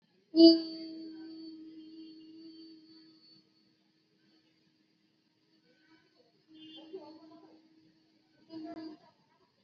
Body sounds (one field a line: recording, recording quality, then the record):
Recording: sustained vowel as in boot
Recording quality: poor, much background noise or distortion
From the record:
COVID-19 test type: RT-PCR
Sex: female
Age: 18 years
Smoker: no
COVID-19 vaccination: both doses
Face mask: worn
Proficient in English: yes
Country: India